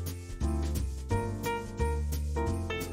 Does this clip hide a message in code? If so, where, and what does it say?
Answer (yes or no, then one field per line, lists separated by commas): no